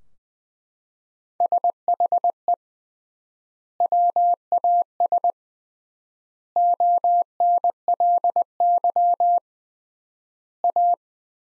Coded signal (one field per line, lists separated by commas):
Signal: Morse code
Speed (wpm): 20 wpm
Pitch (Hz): 700 Hz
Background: none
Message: SHE WAS ONLY A